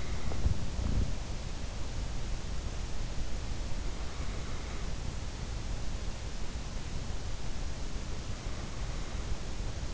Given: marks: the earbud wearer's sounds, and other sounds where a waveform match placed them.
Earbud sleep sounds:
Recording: sounds in sleep by an in-ear microphone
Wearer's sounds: body movement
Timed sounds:
0.00-1.20 s: body movement

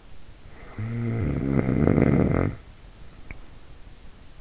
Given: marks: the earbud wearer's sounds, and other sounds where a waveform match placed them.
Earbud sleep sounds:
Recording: sounds in sleep by an in-ear microphone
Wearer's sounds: snoring breath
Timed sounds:
0.48-3.63 s: snoring breath

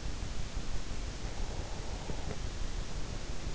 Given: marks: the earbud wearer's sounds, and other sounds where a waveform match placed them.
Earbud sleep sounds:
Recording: sounds in sleep by an in-ear microphone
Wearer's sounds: breath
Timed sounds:
1.16-3.31 s: breath

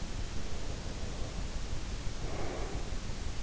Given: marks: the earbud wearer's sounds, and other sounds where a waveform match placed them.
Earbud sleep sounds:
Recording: sounds in sleep by an in-ear microphone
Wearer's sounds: breath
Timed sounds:
0.26-3.17 s: breath

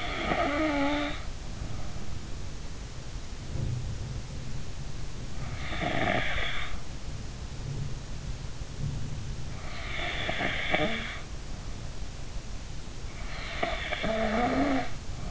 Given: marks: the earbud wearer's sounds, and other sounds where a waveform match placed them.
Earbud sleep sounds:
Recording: sounds in sleep by an in-ear microphone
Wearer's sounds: snoring breath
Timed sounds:
0.00-1.23 s: snoring breath
5.48-6.92 s: snoring breath
9.99-11.16 s: snoring breath
13.53-15.03 s: snoring breath

